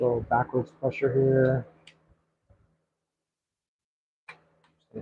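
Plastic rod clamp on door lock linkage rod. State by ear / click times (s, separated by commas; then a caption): seated / 4.3 s. Someone talks while pushing a plastic rod clamp back over the door lock linkage rod of a Honda CR-V that won't unlock, using backwards pressure until it flips shut. A sharp click at 4.3 s marks the clamp flipping closed and seating on the rod, followed by a faint tick.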